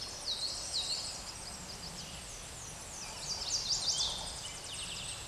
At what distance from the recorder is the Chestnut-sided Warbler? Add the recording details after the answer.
about 5 m. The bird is about level with the microphone. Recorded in a Pennsylvania forest on 16 May 2024 at 07:29. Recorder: AudioMoth, point MSD-1849. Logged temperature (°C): 12.1 °C. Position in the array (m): 36 m, 31 m